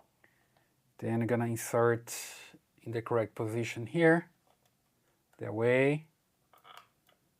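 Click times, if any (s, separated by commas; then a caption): 6.8 s. Someone talks while a microSD card is pushed into the card slot under the tilted-up lens of a Cinnado D1 2K indoor pan/tilt security camera. After the talking, a short, quiet click is heard at 6.8 s as the card latches and is seated.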